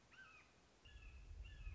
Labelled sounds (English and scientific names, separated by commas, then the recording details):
Red-shouldered Hawk (Buteo lineatus)
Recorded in Sonoma County, California